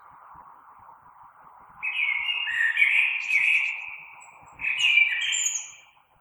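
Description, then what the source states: Common blackbird singing two warbled, flute-like phrases with high twittering tails, separated by a short gap, over a faint steady hum. Recorded on 3 March 2020.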